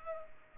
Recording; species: mosquito wingbeat signal from an infrared sensor; Culex pipiens